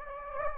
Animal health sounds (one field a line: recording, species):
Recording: mosquito wingbeat signal from an infrared sensor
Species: Anopheles gambiae